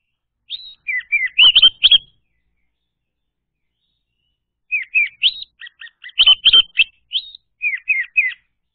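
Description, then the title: Orange-headed thrush song: two rich phrases of chirpy whistles and slurred notes, the second longer and more elaborate, with a clean background. Song played to lure an orange-headed thrush that has stopped singing into singing again. "Anis Merah Macet.. Pancing Dengan Suara Ini.. # Anis Merah"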